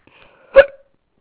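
A single sharp, abrupt hiccup from an adult woman, with a brief voiced squeak, part of an ongoing hiccup bout.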